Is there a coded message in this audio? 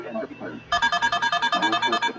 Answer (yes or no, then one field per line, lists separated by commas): no